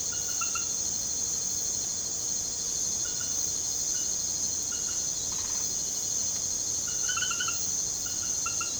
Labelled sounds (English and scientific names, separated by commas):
none